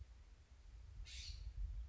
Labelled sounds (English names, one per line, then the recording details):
California Scrub-Jay
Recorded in Sonoma County, California